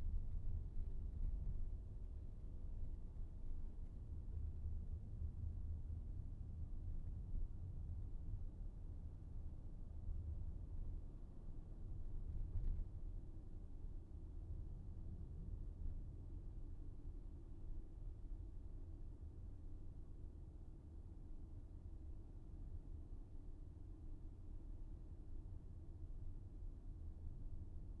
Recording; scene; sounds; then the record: everyday scene through a hearing-aid microphone; in a vehicle; engine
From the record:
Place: VW T5 Caravelle, diesel engine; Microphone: behind the ear, right, front